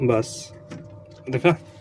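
A Siemens three-phase power contactor is handled and pressed toward its mounting rail with its white bottom lock, while someone talks over faint handling noises. Nothing has seated or clicked yet.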